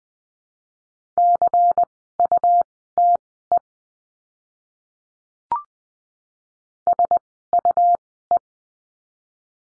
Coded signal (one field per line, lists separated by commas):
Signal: Morse code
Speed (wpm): 20 wpm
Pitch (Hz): 700 Hz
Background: none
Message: CUTE SUE